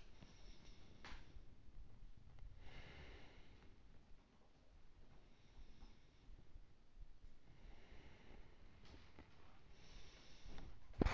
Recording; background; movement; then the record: deep breathing; quiet; sitting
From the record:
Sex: male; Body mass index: 21.0 kg/m2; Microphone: on the chest, facing outward